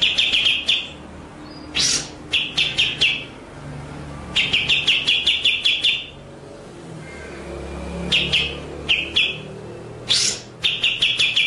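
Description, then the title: White-rumped shama song of short fast runs of repeated sharp notes and occasional harsh upswept calls, with pauses between phrases. Masteran (training) track with the bird in full rolling, shooting song (ngerol nembak). "Masteran Murai Batu Full Ngerol Nembak"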